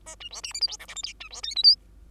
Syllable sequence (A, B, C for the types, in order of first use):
A B C D E F G H I J K B C L M N